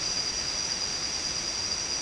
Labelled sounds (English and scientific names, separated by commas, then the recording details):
none
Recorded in dense forest near Puerto Asís, Putumayo, Colombia, on 24 March 2025 at 18:00
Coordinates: 0.500, -76.322
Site GP06